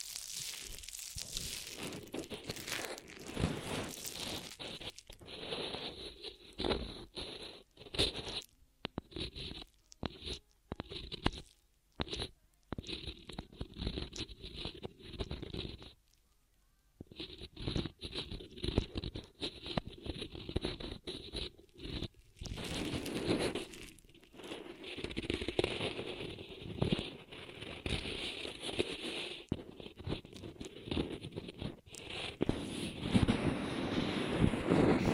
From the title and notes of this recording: ASMR Most Tingly Ear Massage Triggers for Sleep (No Talking).